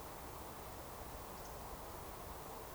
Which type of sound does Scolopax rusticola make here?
whistle